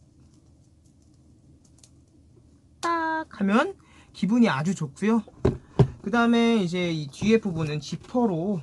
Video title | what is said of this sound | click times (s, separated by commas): 나이키 프레스토x아크로님 미드 2018 (Acronym X Nike Air Presto Mid 2018) 리뷰 | 똑딱 소리가 나요 아 따악 | 1.8 s